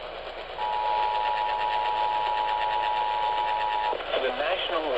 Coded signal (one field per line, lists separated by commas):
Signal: Emergency Alert System (SAME) tones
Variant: 853 and 960 Hz attention tone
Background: speech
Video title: Eas svr on kwkh 1130am Eas#759